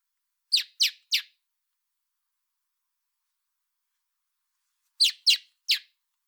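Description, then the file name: Common blackbird calls: a quick run of three sharp, high chinking notes, a long silence of nearly four seconds, then another set of three. "Turdus merula"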